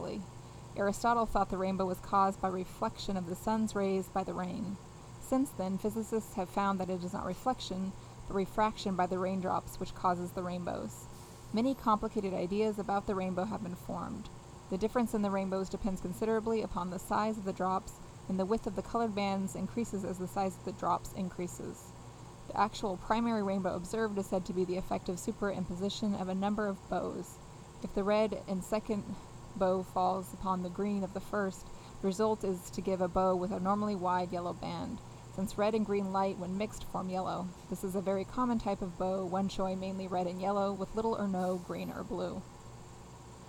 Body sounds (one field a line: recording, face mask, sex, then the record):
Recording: reading aloud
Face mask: none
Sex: female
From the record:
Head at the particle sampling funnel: facing it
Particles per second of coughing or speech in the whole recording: 0.717